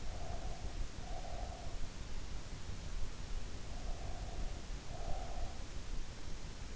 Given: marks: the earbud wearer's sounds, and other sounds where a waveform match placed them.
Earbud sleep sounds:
sounds in sleep by an in-ear microphone; breath
0.00-1.74 s: breath
4.00-5.81 s: breath

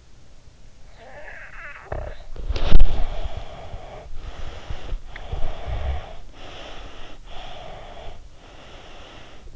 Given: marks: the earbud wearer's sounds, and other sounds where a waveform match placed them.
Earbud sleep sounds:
sounds in sleep by an in-ear microphone; snoring breath, body movement, breath
0.94-4.12 s: snoring breath
2.36-6.08 s: body movement
4.21-6.13 s: breath
6.26-7.24 s: breath
7.33-9.56 s: breath

